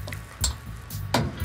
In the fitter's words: They just click right into the housings.